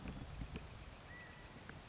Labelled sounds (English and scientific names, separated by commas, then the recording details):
California Quail (Callipepla californica)
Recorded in Sonoma County, California